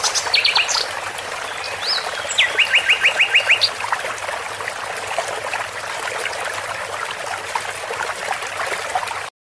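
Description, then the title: Bird chirps and a short rattling trill in the first four seconds, then mostly the rush and trickle of flowing water. With the sound of water. "اصوات عصافير مع مياه"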